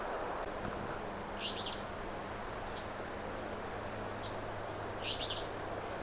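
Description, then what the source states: Alder Flycatcher giving a faint, hoarse 'wee-bio' song twice over a steady low hum and background hiss. Distant singing bird, song rendered as hoarse 'wee bio'; in a dense alder thicket, semi-wetland.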